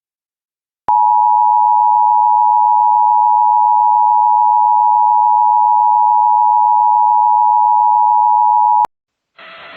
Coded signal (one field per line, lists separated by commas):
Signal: Emergency Alert System (SAME) tones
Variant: 853 and 960 Hz attention tone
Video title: EAS Child Abduction Emergency (AMBER Alert) Fayetteville, North Carolina Statewide Alert